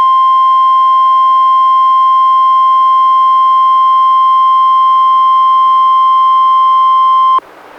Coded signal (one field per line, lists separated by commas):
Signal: Emergency Alert System (SAME) tones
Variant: 1050 Hz attention tone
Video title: EAS #109-110: NWR Required Weekly Test- May 11, 2016